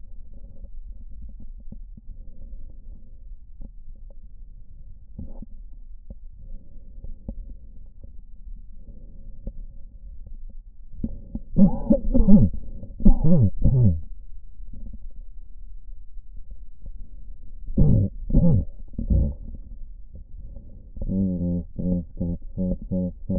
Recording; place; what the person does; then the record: lung sounds by stethoscope; right posterior apical chest; quiet breathing, then cough and speech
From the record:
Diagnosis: none (healthy); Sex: male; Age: 34 years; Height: 174 cm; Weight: 93 kg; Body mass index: 30.7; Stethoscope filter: diaphragm mode